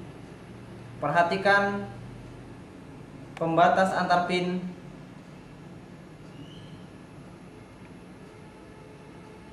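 A RAM module is lined up with a motherboard memory slot, its notch matched to the key between the pins, and inserted before being pressed home. Someone talks in two bursts, followed by a low steady hum with a faint brief tone around 6.5 seconds. Nothing has seated or clicked yet.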